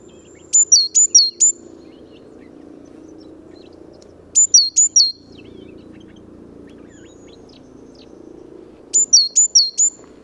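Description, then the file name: Great tit giving high, thin phrases of paired notes, each pair sliding from a higher note to a lower one, repeated about every four seconds over a low steady rumble. "Parus major"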